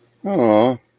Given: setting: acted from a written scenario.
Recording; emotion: vocal sound without words; sympathy